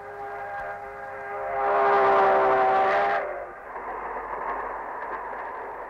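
A train rumbles along steadily while a long, loud whistle blows with strong harmonic tones for about two seconds, then fades, leaving the continuing clatter and hiss of the moving train.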